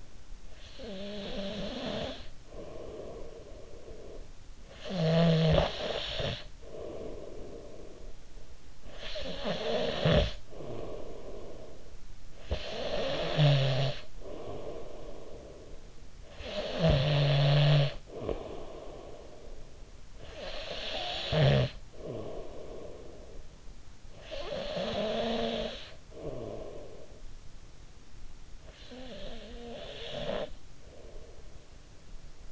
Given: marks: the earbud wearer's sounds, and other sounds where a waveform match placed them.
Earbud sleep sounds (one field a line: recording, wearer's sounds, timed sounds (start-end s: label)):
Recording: sounds in sleep by an in-ear microphone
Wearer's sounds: snoring breath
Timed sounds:
0.40-32.52 s: snoring breath